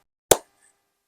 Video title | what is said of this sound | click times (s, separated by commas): MIDDLE EASTERN PERFUMES MISTAKES TO AVOID #perfumes #middleeasternfragrances | make sure you hear that click okay and also store it | 0.3 s